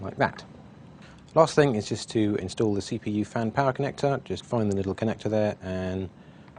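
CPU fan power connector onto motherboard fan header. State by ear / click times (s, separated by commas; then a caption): not seated / none. Someone talks while getting ready to push the CPU fan power connector onto its fan header on the motherboard. Speech fills the clip, with a faint short sound at the very end at 6.6 seconds. Nothing has seated or clicked yet.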